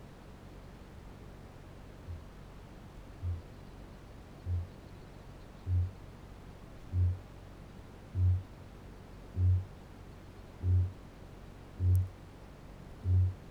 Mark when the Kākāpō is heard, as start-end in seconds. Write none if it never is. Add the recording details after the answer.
1.92-3.50, 4.27-13.51. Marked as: faintness 4/5, faintness 2/5. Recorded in New Zealand. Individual Barnard